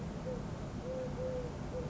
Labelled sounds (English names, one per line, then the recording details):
Eurasian Collared Dove
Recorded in Sonoma County, California